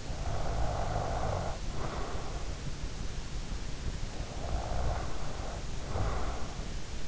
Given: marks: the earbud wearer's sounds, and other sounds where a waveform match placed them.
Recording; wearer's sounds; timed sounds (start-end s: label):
sounds in sleep by an in-ear microphone; snoring breath
0.00-2.47 s: snoring breath
4.22-6.67 s: snoring breath